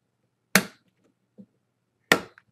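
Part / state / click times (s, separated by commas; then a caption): RAM module into motherboard DIMM slot / seated / 0.6 s, 2.1 s. A RAM stick is pushed down into a motherboard memory slot, and its plastic retention clips on each side snap closed. Two sharp, bright snaps are heard at 0.6 s and 2.1 s, with a faint low knock near 1.4 s and a small tick right after the second snap. The module is seated, with the side clips snapped in.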